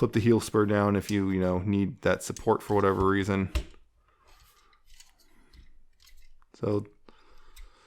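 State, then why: Seated. Someone talks, then flips the plastic heel spur on the foot of a Transformers War for Cybertron: Generations Selects G2 Megatron action figure down into its support position. Quiet handling sounds follow, and a sharp plastic click at 7.1 s shows the heel spur seating firmly in place.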